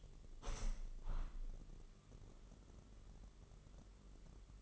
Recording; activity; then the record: daily activity, microphone in the room; open window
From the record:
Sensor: 4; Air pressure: 999.4 hPa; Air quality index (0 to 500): 109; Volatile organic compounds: 2 ppm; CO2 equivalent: 1078 ppm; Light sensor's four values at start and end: 13/32/13/15 and 13/32/13/15